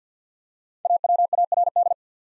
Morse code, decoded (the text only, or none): AWARD